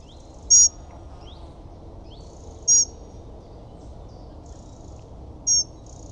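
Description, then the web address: Bird uttering three sharp, very high chirps spaced two to three seconds apart, with faint softer upslurred notes between them. "WILDLIFEXSOUNDSXXXBIRDSXXC"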